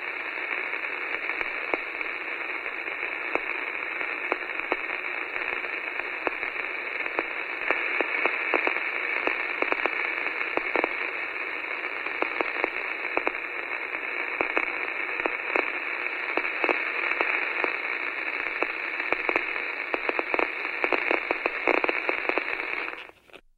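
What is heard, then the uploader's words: A radio hisses with interference, a steady, thin-sounding noise confined to the middle range with little bass or sparkle. Irregular clicks and crackles pop through it throughout, growing busier toward the end before the sound cuts off abruptly just before the clip ends. The sound of the radio turned on with interference.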